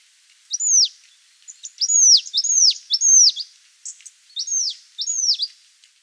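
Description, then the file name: Marsh tit calls: sharp, high, downslurred notes repeated several times with brief pauses, over a quiet background. "Poecile palustris"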